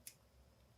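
A damper part in the deep bearing assembly of a 2020 Fox Factory 32 Stepcast FIT4 remote bicycle fork is pushed down with a pick because it was not fully in. A single short, sharp click sounds at 0.1 s, followed by quiet low background hum. The part sinks fully into place.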